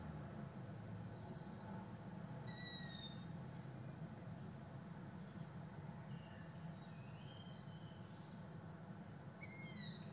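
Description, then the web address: Owl calls twice, two short ringing harmonic notes roughly seven seconds apart, the second louder, with a continuous low hum underneath. 26 June 2022. "2022 06 26-Juni-22 08 eule"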